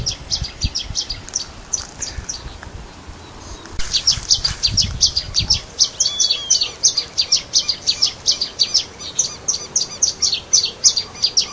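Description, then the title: Long-tailed reed finch song: long run of high, sharp descending notes repeated rapidly, after a few seconds of softer notes and low rumbling. "LuckyPassaro Completos2Sama. Long-tailed Reed Finch (Donacospiza albifrons)"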